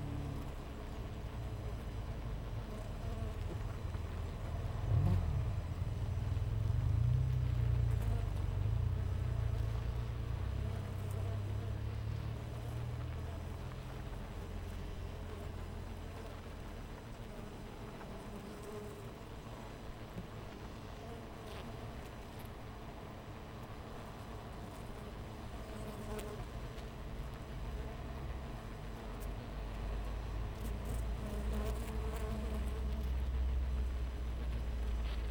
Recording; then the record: honeybee colony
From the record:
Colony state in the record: missing queen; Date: 14 July 2017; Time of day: 6:25